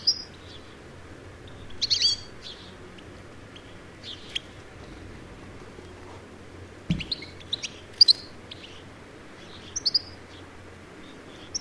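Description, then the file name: European goldfinch giving bursts of high, tinkling twittered calls at irregular intervals, with steady low background noise and a brief thump near the middle. "Carduelis carduelis"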